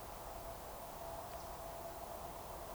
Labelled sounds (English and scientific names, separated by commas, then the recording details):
Eurasian Woodcock (Scolopax rusticola) whistle
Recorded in Baden-Württemberg, Germany, on 15 June 2020 at 02:23 UTC
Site 43791, 788 m above sea level